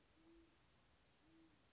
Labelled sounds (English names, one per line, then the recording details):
Great Horned Owl
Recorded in Sonoma County, California